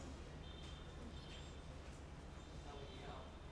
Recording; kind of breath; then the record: one breath in and out by a microphone near the nose and mouth; normal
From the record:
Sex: male